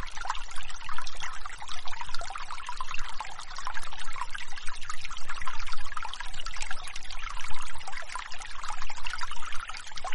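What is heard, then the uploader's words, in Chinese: Water runs through a mountain stream in early spring, a steady, dense babble of small splashes and trickles with no pauses. The sound sits bright, with a faint low rumble underneath and gentle swells in loudness every second or two. 早春山里的水声。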